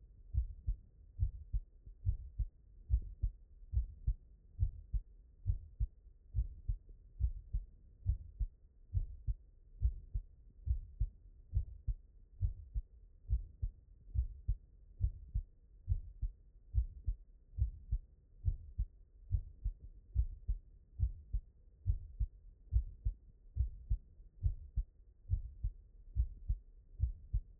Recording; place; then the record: heart sounds by stethoscope; mitral valve (MV)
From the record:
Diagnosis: non-HFrEF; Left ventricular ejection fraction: 42%